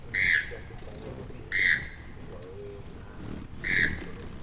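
Choco toucan, three rough croaking calls spaced over a few seconds, with faint higher bird notes in the background.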